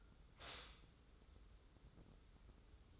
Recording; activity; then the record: daily activity, microphone in the room; stop toaster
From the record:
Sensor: 3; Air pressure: 994.4 hPa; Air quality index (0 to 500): 200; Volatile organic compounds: 1000 ppm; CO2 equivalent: 6632 ppm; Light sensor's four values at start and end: 187/448/189/189 and 187/449/189/189